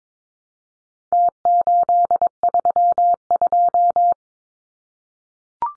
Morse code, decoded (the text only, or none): T832